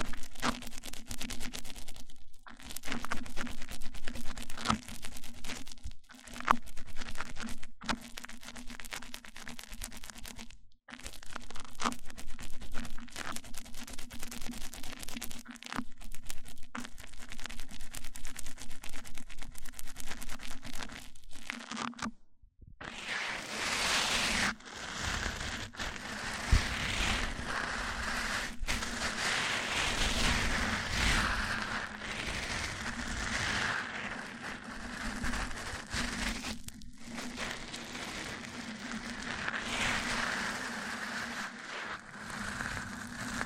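Mic-on-mic triggers: scratchy rubbing and tapping over a steady low hum for the first twenty seconds, broken by brief silent gaps. After a short pause near 22 seconds the sound turns brighter and denser, a continuous crackling rustle with occasional sharp knocks.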